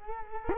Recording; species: mosquito wingbeat signal from an infrared sensor; Culex quinquefasciatus